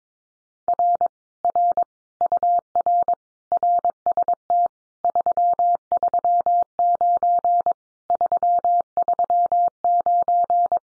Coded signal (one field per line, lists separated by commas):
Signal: Morse code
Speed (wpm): 22 wpm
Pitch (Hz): 700 Hz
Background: none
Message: R R UR RST 339 339